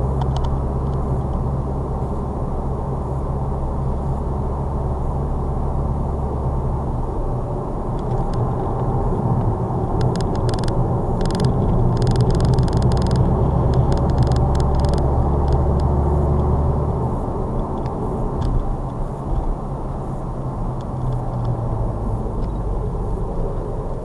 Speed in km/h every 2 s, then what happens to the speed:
69, 71, 72, 72, 74, 69, 58, 44, 40, 50, 64, 56.
0-9 steady at about 72. 9-15 brakes to 40. 15-21 speeds up to 64. 21-24 brakes to 56.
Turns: 8-17.